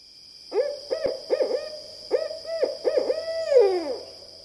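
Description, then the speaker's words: Barred Owl hooting: a rhythmic run of rounded hoots, ending in a long drawn-out hoot that slides downward, over a steady high hum. "She was in tune with the birds and their calls, notably the hoot of a barred owl."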